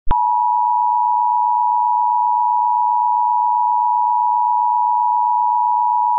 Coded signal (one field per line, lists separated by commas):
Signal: Emergency Alert System (SAME) tones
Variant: 853 and 960 Hz attention tone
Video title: EAS Mock: Nyan Cat